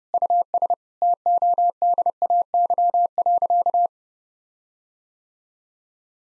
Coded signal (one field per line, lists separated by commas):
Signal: Morse code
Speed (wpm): 30 wpm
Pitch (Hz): 700 Hz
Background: none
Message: US TODAY.